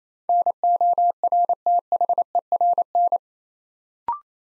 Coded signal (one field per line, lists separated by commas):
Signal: Morse code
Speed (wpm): 28 wpm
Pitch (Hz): 700 Hz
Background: none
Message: NORTHERN